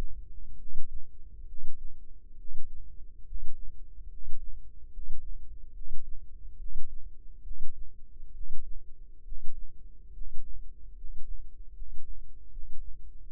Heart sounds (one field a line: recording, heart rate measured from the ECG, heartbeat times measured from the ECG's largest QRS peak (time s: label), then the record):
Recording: heart sounds by microphone in the left ear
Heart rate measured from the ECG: 71 bpm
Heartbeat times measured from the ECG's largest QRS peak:
0.57 s: heartbeat
1.46 s: heartbeat
2.36 s: heartbeat
3.24 s: heartbeat
4.08 s: heartbeat
4.90 s: heartbeat
5.73 s: heartbeat
6.57 s: heartbeat
7.43 s: heartbeat
8.32 s: heartbeat
9.24 s: heartbeat
10.12 s: heartbeat
10.95 s: heartbeat
11.73 s: heartbeat
12.50 s: heartbeat
13.27 s: heartbeat
From the record:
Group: healthy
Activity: rest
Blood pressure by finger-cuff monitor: 128/73 mmHg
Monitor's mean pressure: 88 mmHg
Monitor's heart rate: 68 bpm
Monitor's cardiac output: 7.1 L/min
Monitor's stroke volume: 102 mL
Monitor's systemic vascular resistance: 930 dyn s/cm5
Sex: male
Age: 35 years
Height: 180 cm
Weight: 86.9 kg